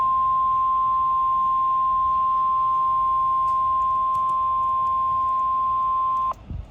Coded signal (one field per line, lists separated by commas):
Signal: Emergency Alert System (SAME) tones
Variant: 1050 Hz attention tone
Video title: (EAS #411) Severe Thunderstorm Warning for Multiple KDVN Counties